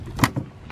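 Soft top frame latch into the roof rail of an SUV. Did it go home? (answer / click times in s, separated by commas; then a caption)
yes / 0.2 s. The folded soft top section of a Bronco SUV is slid back and pushed down until its frame latch engages in the roof rail. A short rustle leads into a sharp click at 0.2 s, followed by a softer knock and a faint tick. The latch clicks home and is seated.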